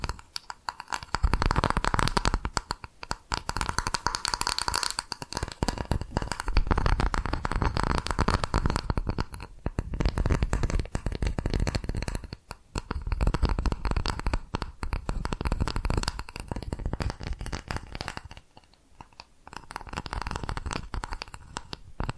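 Rapid tapping triggers run almost without a break, a dense, fast patter of small scratchy taps with a rustling, crackly edge. The level stays fairly even, with brief gaps near 12 seconds and around 19 seconds before the tapping resumes.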